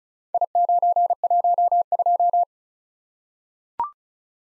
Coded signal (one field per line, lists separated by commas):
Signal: Morse code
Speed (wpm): 36 wpm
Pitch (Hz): 700 Hz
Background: none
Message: I912